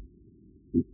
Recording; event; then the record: neck accelerometer signal played as sound; no cough (speech, laughter, throat clearing or background)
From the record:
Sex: female